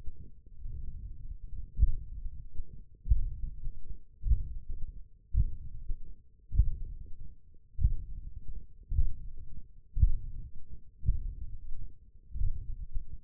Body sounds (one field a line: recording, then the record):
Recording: forearm muscle sounds (acoustic myography)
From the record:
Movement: tripod grip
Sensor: system 1, eight BSWA MPA416 microphones around the upper forearm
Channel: 1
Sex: male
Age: 21 years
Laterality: right